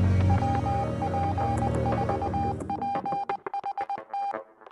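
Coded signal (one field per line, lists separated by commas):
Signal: Morse code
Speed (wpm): 20 wpm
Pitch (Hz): 800 Hz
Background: music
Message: WP4PHT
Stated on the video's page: Morse from a special event station marking the anniversary of telegraphy in Puerto Rico.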